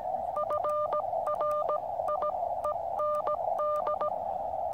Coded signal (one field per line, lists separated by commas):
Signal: Morse code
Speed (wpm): 17 wpm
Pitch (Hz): 1200 Hz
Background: none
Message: FRIEND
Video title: Savoir Comment Envoyer Votre Position Par Radio Peut Sauver Des Vies.